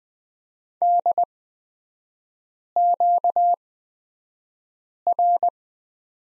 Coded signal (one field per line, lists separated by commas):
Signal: Morse code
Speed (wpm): 20 wpm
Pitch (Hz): 700 Hz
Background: none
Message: DQR